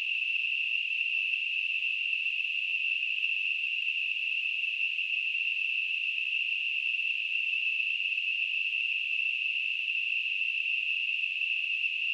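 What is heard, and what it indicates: Simulated tinnitus: a steady, high-pitched narrowband hiss centred around 2.5–3 kHz, unchanging in pitch and loudness throughout, with no low-frequency content.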